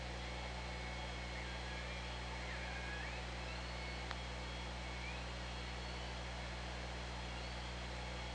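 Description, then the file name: Killer whale calls: a few faint tonal sweeps rising and falling, over steady underwater hiss and a deep continuous hum, with one sharp click near four seconds. OrcaLab hydrophone, 24 August 2017 at 13:17:17. "Orca Lab UTLN JASON 20170824 131717"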